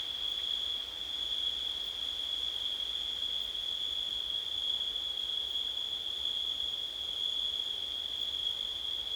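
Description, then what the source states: Crickets produce a steady, ringing high drone that never breaks, over gentle background noise. Recorded on a windy night in September.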